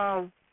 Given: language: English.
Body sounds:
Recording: throat vibration sensor signal played as sound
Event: speech

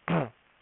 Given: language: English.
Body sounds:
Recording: throat vibration sensor signal played as sound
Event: throat clearing

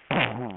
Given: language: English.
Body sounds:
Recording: throat vibration sensor signal played as sound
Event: throat clearing

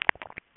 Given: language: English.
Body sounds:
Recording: throat vibration sensor signal played as sound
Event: swallow

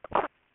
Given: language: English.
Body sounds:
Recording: throat vibration sensor signal played as sound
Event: swallow

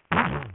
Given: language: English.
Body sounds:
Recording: throat vibration sensor signal played as sound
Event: throat clearing

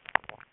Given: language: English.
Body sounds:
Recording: throat vibration sensor signal played as sound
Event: swallow

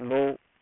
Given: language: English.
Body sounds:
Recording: throat vibration sensor signal played as sound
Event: speech

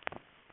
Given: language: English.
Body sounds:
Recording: throat vibration sensor signal played as sound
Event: swallow

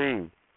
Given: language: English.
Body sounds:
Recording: throat vibration sensor signal played as sound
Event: speech

